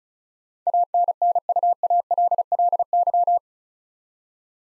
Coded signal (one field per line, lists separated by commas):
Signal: Morse code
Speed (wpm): 34 wpm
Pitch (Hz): 700 Hz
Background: none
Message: ANNUALLY